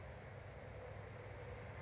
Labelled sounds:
California Towhee (Melozone crissalis)

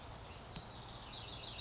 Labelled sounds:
House Wren (Troglodytes aedon)

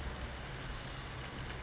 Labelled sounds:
California Towhee (Melozone crissalis)

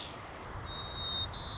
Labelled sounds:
White-crowned Sparrow (Zonotrichia leucophrys)

